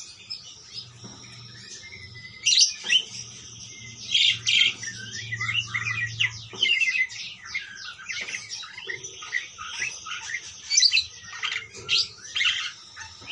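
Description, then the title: Parakeet chattering: after a quiet start, overlapping squawks and rapid scratchy chirps form a dense warble, with a low hum in the first half. "Parkit"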